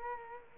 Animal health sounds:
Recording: mosquito wingbeat signal from an infrared sensor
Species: Culex quinquefasciatus

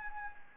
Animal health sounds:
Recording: mosquito wingbeat signal from an infrared sensor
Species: Anopheles arabiensis

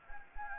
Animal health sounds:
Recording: mosquito wingbeat signal from an infrared sensor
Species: Anopheles gambiae

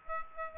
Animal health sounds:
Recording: mosquito wingbeat signal from an infrared sensor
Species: Aedes aegypti

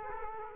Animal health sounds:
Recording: mosquito wingbeat signal from an infrared sensor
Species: Culex quinquefasciatus

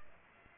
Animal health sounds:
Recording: mosquito wingbeat signal from an infrared sensor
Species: Aedes aegypti

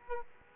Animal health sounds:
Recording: mosquito wingbeat signal from an infrared sensor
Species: Aedes aegypti

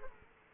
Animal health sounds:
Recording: mosquito wingbeat signal from an infrared sensor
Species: Aedes aegypti

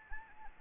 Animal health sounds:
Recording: mosquito wingbeat signal from an infrared sensor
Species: Anopheles gambiae

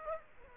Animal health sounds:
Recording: mosquito wingbeat signal from an infrared sensor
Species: Aedes aegypti

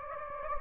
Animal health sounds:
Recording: mosquito wingbeat signal from an infrared sensor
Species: Anopheles gambiae

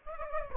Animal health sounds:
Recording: mosquito wingbeat signal from an infrared sensor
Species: Aedes aegypti

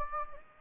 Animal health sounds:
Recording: mosquito wingbeat signal from an infrared sensor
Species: Anopheles gambiae

